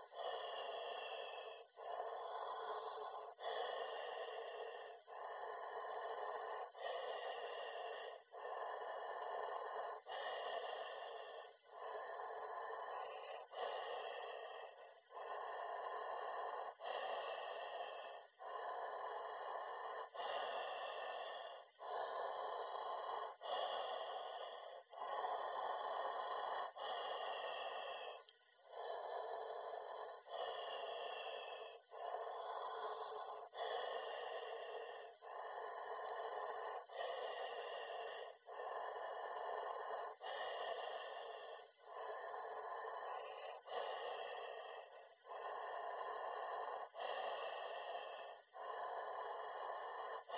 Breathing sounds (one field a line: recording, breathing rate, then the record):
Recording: paced breathing near a phone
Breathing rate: 18 breaths a minute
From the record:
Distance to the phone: 40 cm